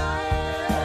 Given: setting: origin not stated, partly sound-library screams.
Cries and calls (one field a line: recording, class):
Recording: one-second piece from a danger detection set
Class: normal situation